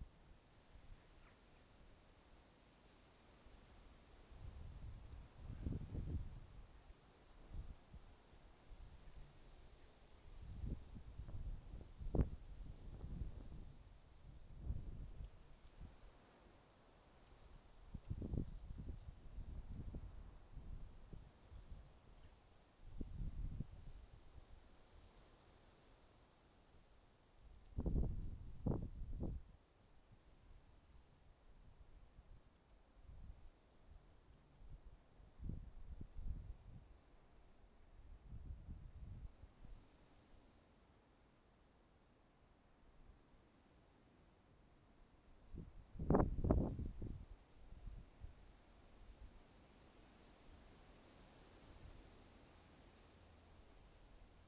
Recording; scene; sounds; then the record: everyday scene through a hearing-aid microphone; wind on the microphone; wind, traffic, birds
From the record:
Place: suburban garden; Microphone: in the ear canal, right